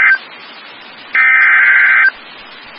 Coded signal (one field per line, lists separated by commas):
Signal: Emergency Alert System (SAME) tones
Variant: header bursts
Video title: EAS 105 - SVR Back at HOME!